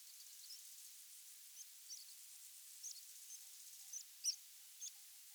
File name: Anthus pratensis - Meadow Pipit